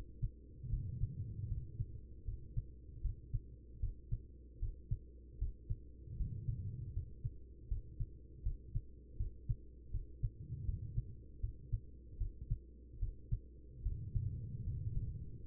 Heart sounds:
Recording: heart sounds by stethoscope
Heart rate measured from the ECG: 77 bpm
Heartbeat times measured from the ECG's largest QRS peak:
0.69 s: heartbeat
1.47 s: heartbeat
2.24 s: heartbeat
3.01 s: heartbeat
3.79 s: heartbeat
4.59 s: heartbeat
5.38 s: heartbeat
6.16 s: heartbeat
6.93 s: heartbeat
7.68 s: heartbeat
8.42 s: heartbeat
9.17 s: heartbeat
9.91 s: heartbeat
10.65 s: heartbeat
11.40 s: heartbeat
12.17 s: heartbeat
12.99 s: heartbeat
13.82 s: heartbeat
14.63 s: heartbeat
15.43 s: heartbeat
From the record:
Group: healthy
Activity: rest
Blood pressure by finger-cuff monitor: 91/69 mmHg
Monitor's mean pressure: 78 mmHg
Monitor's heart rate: 78 bpm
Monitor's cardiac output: 5 L/min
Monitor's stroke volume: 64 mL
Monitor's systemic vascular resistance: 1100 dyn s/cm5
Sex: female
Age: 43 years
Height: 160 cm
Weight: 90 kg

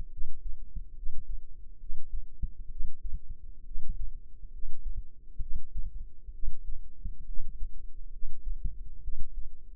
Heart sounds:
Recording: heart sounds by microphone in the left ear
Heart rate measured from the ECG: 67 bpm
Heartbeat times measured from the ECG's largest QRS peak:
0.09 s: heartbeat
0.94 s: heartbeat
1.78 s: heartbeat
2.68 s: heartbeat
3.63 s: heartbeat
4.51 s: heartbeat
5.39 s: heartbeat
6.31 s: heartbeat
7.25 s: heartbeat
8.10 s: heartbeat
9.01 s: heartbeat
From the record:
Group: healthy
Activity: rest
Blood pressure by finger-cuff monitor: 117/76 mmHg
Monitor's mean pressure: 88 mmHg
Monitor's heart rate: 68 bpm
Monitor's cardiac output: 5.3 L/min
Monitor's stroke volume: 79 mL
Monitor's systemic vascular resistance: 1190 dyn s/cm5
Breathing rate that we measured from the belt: 19 breaths a minute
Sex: female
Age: 22 years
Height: 160 cm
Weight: 45 kg

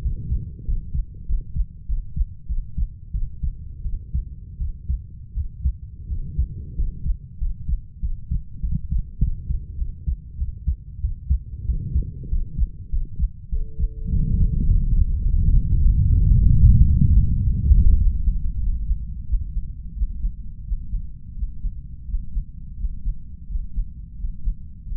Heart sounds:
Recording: heart sounds by stethoscope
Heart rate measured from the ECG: 94 bpm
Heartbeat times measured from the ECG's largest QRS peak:
0.01 s: heartbeat
0.65 s: heartbeat
1.26 s: heartbeat
1.86 s: heartbeat
2.46 s: heartbeat
3.11 s: heartbeat
3.82 s: heartbeat
4.58 s: heartbeat
5.34 s: heartbeat
6.07 s: heartbeat
6.75 s: heartbeat
7.38 s: heartbeat
8.00 s: heartbeat
8.60 s: heartbeat
9.19 s: heartbeat
9.77 s: heartbeat
10.37 s: heartbeat
11.00 s: heartbeat
11.65 s: heartbeat
12.29 s: heartbeat
12.90 s: heartbeat
13.49 s: heartbeat
14.09 s: heartbeat
14.67 s: heartbeat
15.23 s: heartbeat
15.78 s: heartbeat
16.32 s: heartbeat
16.87 s: heartbeat
17.41 s: heartbeat
17.99 s: heartbeat
18.61 s: heartbeat
19.27 s: heartbeat
19.95 s: heartbeat
20.65 s: heartbeat
21.36 s: heartbeat
22.07 s: heartbeat
22.77 s: heartbeat
23.48 s: heartbeat
24.17 s: heartbeat
24.85 s: heartbeat
From the record:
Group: healthy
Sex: female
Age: 32 years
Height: 168 cm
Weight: 61.9 kg

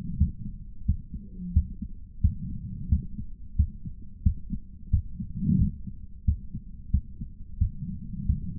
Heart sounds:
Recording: heart sounds by stethoscope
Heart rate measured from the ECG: 89 bpm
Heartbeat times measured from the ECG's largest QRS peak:
0.16 s: heartbeat
0.84 s: heartbeat
1.52 s: heartbeat
2.20 s: heartbeat
2.88 s: heartbeat
3.55 s: heartbeat
4.22 s: heartbeat
4.89 s: heartbeat
5.57 s: heartbeat
6.24 s: heartbeat
6.90 s: heartbeat
7.57 s: heartbeat
8.25 s: heartbeat
From the record:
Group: healthy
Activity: cold pressor test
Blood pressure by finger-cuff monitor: 142/88 mmHg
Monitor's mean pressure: 101 mmHg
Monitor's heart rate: 88 bpm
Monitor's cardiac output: 7.7 L/min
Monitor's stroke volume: 88 mL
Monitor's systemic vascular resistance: 950 dyn s/cm5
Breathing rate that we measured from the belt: 22 breaths a minute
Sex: male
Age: 57 years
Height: 188 cm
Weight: 106 kg

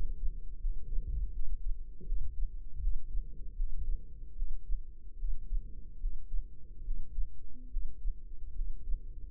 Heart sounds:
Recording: heart sounds by microphone in the left ear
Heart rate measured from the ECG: 76 bpm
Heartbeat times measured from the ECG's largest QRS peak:
0.59 s: heartbeat
1.30 s: heartbeat
2.03 s: heartbeat
2.78 s: heartbeat
3.55 s: heartbeat
4.33 s: heartbeat
5.16 s: heartbeat
5.99 s: heartbeat
6.82 s: heartbeat
7.68 s: heartbeat
8.53 s: heartbeat
From the record:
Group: healthy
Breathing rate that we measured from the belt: 21 breaths a minute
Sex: female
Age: 32 years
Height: 172 cm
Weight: 71.7 kg

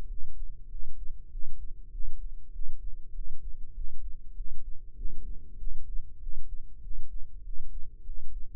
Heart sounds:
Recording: heart sounds by microphone in the left ear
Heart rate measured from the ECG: 98 bpm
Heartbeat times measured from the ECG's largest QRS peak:
0.07 s: heartbeat
0.68 s: heartbeat
1.29 s: heartbeat
1.90 s: heartbeat
2.51 s: heartbeat
3.12 s: heartbeat
3.73 s: heartbeat
4.34 s: heartbeat
4.95 s: heartbeat
5.57 s: heartbeat
6.18 s: heartbeat
6.80 s: heartbeat
7.42 s: heartbeat
8.03 s: heartbeat
From the record:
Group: healthy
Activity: rest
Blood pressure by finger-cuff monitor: 95/67 mmHg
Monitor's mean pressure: 76 mmHg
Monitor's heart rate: 98 bpm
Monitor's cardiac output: 7.7 L/min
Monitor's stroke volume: 79 mL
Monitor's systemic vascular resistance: 710 dyn s/cm5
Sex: male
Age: 19 years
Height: 178 cm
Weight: 83 kg

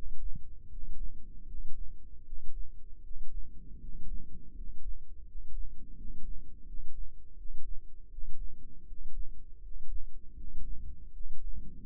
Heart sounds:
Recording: heart sounds by microphone in the left ear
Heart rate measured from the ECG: 80 bpm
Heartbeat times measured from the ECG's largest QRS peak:
0.67 s: heartbeat
1.45 s: heartbeat
2.23 s: heartbeat
3.01 s: heartbeat
3.78 s: heartbeat
4.52 s: heartbeat
5.24 s: heartbeat
5.95 s: heartbeat
6.65 s: heartbeat
7.35 s: heartbeat
8.08 s: heartbeat
8.85 s: heartbeat
9.60 s: heartbeat
10.34 s: heartbeat
11.11 s: heartbeat
From the record:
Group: healthy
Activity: rest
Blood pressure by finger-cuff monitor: 108/68 mmHg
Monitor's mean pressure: 76 mmHg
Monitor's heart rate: 80 bpm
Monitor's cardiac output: 6.9 L/min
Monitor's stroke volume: 86 mL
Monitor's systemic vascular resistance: 770 dyn s/cm5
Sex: male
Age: 35 years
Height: 180 cm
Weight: 86.9 kg

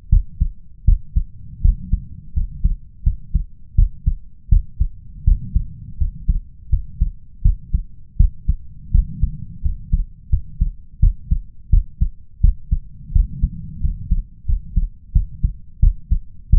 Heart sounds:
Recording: heart sounds by stethoscope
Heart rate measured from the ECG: 84 bpm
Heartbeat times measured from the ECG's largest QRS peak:
0.09 s: heartbeat
0.84 s: heartbeat
1.61 s: heartbeat
2.33 s: heartbeat
3.03 s: heartbeat
3.75 s: heartbeat
4.48 s: heartbeat
5.24 s: heartbeat
5.97 s: heartbeat
6.69 s: heartbeat
7.41 s: heartbeat
8.16 s: heartbeat
8.91 s: heartbeat
9.61 s: heartbeat
10.29 s: heartbeat
10.99 s: heartbeat
11.69 s: heartbeat
12.40 s: heartbeat
13.12 s: heartbeat
13.80 s: heartbeat
14.45 s: heartbeat
15.12 s: heartbeat
15.79 s: heartbeat
16.49 s: heartbeat
From the record:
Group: healthy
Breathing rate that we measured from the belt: 16 breaths a minute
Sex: male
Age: 21 years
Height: 180 cm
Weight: 67.5 kg

